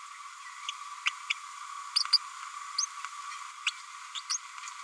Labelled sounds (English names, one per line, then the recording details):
Green-rumped Parrotlet babbling
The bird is a female
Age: 31 days
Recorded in a nest box in Venezuela
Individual 17B102A5